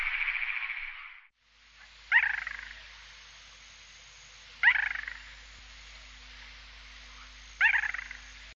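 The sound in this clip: Bird calls, three loud harsh bursts spaced about two and a half to three seconds apart, after a hissing sound at the start.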